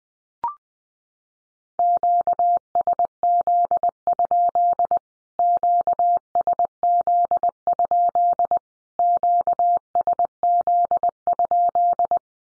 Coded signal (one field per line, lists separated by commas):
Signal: Morse code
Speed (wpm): 19 wpm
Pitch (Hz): 700 Hz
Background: none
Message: QSZ? QSZ? QSZ?